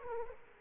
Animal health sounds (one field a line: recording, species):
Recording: mosquito wingbeat signal from an infrared sensor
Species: Aedes aegypti